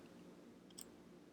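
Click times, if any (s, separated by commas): none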